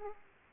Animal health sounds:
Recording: mosquito wingbeat signal from an infrared sensor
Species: Aedes aegypti

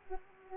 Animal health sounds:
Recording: mosquito wingbeat signal from an infrared sensor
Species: Culex pipiens

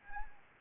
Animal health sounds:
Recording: mosquito wingbeat signal from an infrared sensor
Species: Anopheles arabiensis

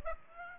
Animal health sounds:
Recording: mosquito wingbeat signal from an infrared sensor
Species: Aedes aegypti

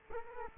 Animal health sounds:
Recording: mosquito wingbeat signal from an infrared sensor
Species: Culex quinquefasciatus

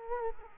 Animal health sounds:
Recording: mosquito wingbeat signal from an infrared sensor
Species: Culex quinquefasciatus

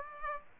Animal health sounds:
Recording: mosquito wingbeat signal from an infrared sensor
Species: Aedes aegypti

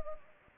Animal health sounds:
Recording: mosquito wingbeat signal from an infrared sensor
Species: Anopheles arabiensis

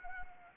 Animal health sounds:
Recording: mosquito wingbeat signal from an infrared sensor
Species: Anopheles arabiensis

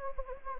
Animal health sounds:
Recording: mosquito wingbeat signal from an infrared sensor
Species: Anopheles gambiae

